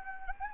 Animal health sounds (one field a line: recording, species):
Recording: mosquito wingbeat signal from an infrared sensor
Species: Anopheles gambiae